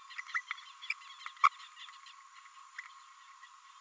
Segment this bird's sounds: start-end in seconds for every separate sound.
0.18-0.21, 0.34-0.41, 0.90-0.94, 1.43-1.49, 2.78-2.81